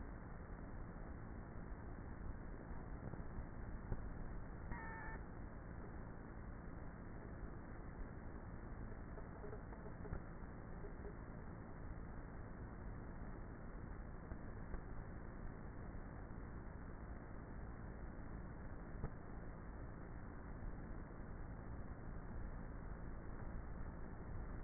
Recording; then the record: honeybee colony, microphone inside the hive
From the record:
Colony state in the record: queenless with a low population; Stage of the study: before two queens were removed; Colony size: about 30,000 bees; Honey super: no